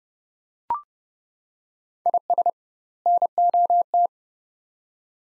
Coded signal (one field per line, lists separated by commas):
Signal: Morse code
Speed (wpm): 32 wpm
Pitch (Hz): 700 Hz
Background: none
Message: IS NOT